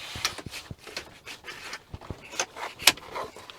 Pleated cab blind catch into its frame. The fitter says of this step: and they'll lock into place just there now what is important is